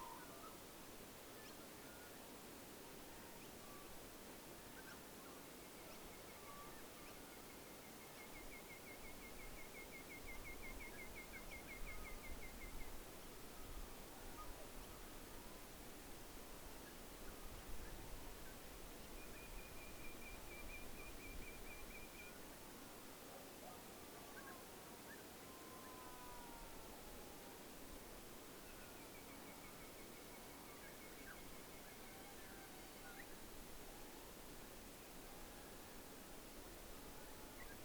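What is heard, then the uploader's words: A dense, steady night hiss of insects fills the whole recording, with a faint low rumble underneath. A trilling insect call rises out of it three times, around 6–13, 19–22 and 29–33 seconds, and small faint chirps come and go in the background. Menindee Lakes.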